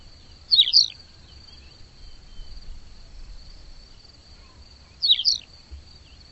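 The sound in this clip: Bird calling in brief warbled chirp bursts, two phrases about four and a half seconds apart, with a constant high hum running throughout.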